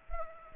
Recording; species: mosquito wingbeat signal from an infrared sensor; Culex pipiens